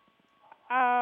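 One brief tonal honk: a person imitating the seal-like honking cough of an 8-year-old female Pomeranian, a sound like a reverse sneeze that could point to a collapsing trachea.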